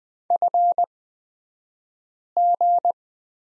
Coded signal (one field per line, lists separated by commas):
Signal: Morse code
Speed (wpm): 20 wpm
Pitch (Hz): 700 Hz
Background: none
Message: FG